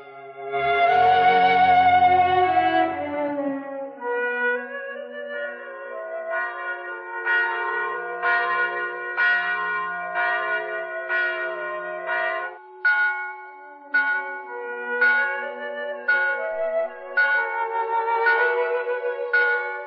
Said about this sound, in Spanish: El jueves siguiente, fiesta del Corpus Christi, celebró la misa en su pueblo. Las campanas voltearon y repicaron largo tiempo.